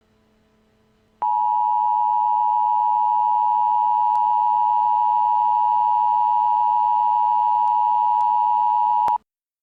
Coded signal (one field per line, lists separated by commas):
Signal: Emergency Alert System (SAME) tones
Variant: 853 and 960 Hz attention tone